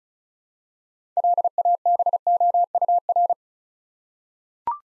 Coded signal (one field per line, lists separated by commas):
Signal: Morse code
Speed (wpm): 36 wpm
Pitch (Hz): 700 Hz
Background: none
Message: LABOUR